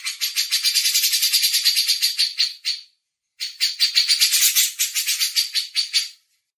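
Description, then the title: Grey-cheeked Bulbul chattering in fast, harsh, buzzy pulses, two long runs broken by a brief pause. Masteran tutor recording for training songbirds. "MASTERAN CUCAK JENGGOT"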